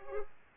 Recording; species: mosquito wingbeat signal from an infrared sensor; Culex pipiens